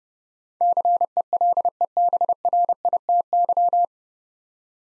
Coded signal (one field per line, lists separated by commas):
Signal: Morse code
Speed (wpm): 32 wpm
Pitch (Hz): 700 Hz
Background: none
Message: CELEBRITY